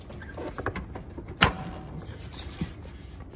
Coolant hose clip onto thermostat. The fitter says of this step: and we want to make sure that uh that clip that secures it is actually seated you'll hear audible click